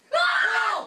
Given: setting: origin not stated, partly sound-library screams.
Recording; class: one-second piece from a danger detection set; woman in danger